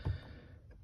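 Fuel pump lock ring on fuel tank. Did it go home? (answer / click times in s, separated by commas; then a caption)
no / none. A metal lock ring on the fuel pump assembly of an F-body Firebird/Camaro fuel tank is being turned one-handed with channel-lock pliers to lock it into the tank tabs. A dull low thump of handling comes near 0.1 s, followed by faint rumbling. Nothing has seated or clicked yet.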